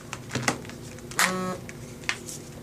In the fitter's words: This one snaps right in there.